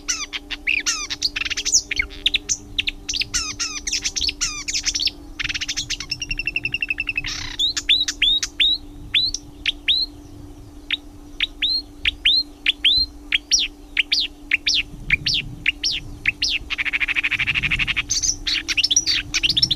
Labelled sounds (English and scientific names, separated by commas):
Marsh Warbler (Acrocephalus palustris) song